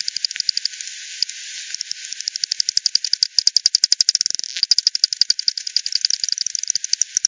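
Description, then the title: Bat echolocation calls, a continuous rapid train of crisp ticking pulses. "WW bat 20201007 T 18 : 10 Z-Hogsmill-Lane-Hogsmill-River-multiple-bats-FD 10-bandpass-1500-to-7500 Hz"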